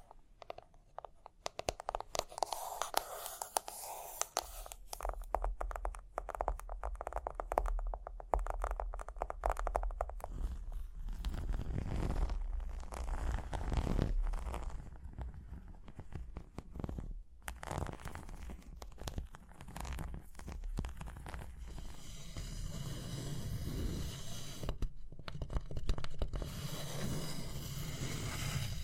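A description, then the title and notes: Dense tapping and scratching runs through the whole clip as a busy stream of short clicks and rasps. A low rumble joins around five seconds and continues beneath, with brief pauses near 10, 17 and 25 seconds, and the scratching turns hissier toward the end. Tapping and Scratching (No Talking).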